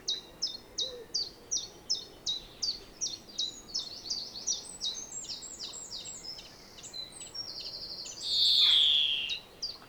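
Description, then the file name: European greenfinch giving a run of evenly spaced high chirps, about three per second, then a long drawn-out nasal wheeze near the end. "Chloris chloris"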